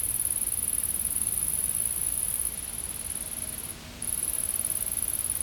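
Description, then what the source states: Insects give a steady, very high-pitched shrill buzz that dips and briefly stops near the four-second mark, then resumes over a low background rumble. Insects recorded in a field.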